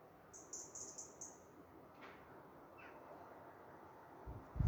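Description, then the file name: European robin giving one short burst of high, thin, quickly repeated notes, with loud low thumps at the end. "Erithacus rubecula"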